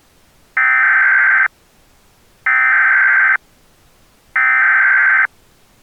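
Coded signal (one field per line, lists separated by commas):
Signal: Emergency Alert System (SAME) tones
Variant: header bursts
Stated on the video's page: EAS tones in a short fictional scenario.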